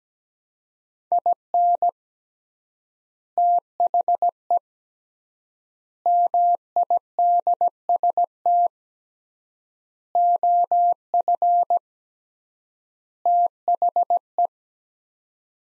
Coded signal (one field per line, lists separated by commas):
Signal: Morse code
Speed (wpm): 17 wpm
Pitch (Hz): 700 Hz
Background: none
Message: IN THE MIDST OF THE